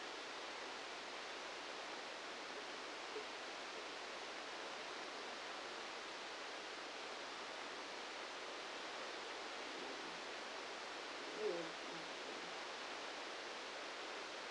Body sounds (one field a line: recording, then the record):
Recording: brain microelectrode recording played as sound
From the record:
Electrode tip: outside the subthalamic nucleus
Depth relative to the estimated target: -6 mm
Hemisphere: right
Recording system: NeuroSet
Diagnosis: Parkinson's disease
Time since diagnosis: 19 years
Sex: female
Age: 69 years